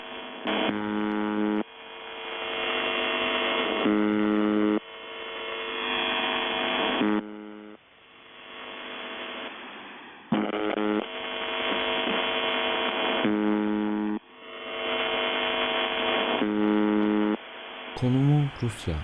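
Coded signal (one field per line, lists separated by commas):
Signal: channel marker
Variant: UVB-76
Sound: repeated harsh low buzzes lasting a second or two, separated by shortwave hiss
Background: radio static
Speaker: uvb 76 nam değer the buzer yıllardır kesintisiz bir şekilde kısa dalga radyo frekansı üzerinden yayın yapıyorum bu sinyal 4625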